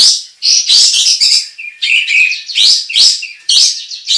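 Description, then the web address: Sooty-headed bulbul pouring out loud, dense warbling and chattering notes in quick successive phrases. Indonesian local name kapas tembak; described as gacor, singing actively and persistently. "kapas-tembak suara-kapas-tembak-gacor"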